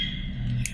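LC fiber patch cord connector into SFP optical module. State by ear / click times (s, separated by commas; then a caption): seated / 0.7 s. An LC fiber optic patch cord connector is pushed carefully into the SFP optical module of a Blackmagic Fiber Optical Miniconverter 12G. Over a steady low hum, a single sharp, bright click at 0.7 s marks the connector latching, seated and locked in place.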